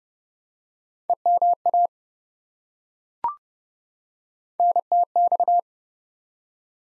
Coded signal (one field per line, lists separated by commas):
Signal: Morse code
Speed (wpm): 30 wpm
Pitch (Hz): 700 Hz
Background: none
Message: EMA NTX